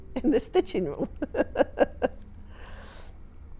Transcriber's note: she laughs